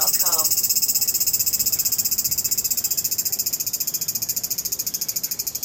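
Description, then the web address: Cicada calling: a shrill, rapidly pulsing high buzz, with a brief descending sound at the very start. Cicada in a cemetery in Tokyo, Japan; long call with a sci-fi sound. "lynne-publishing insect call circada sci fi sounding long Tokyo Japan cemetary"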